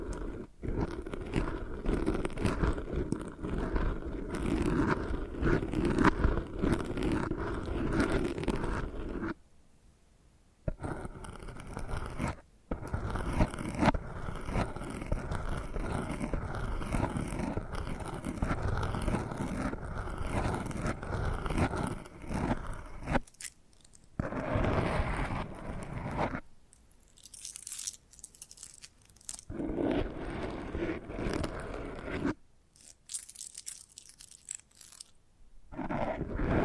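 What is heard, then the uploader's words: Dense scratching and brushing fill the first half with a constant crackling texture, broken by short silences near 9 and 12 seconds. After about 23 seconds the sound turns patchy, with bursts of brighter, crisper scratching separated by quiet gaps. No voices. ASMR Hypnotic First Person Triggers Ear Scratching, Face Brushing etc (No Talking).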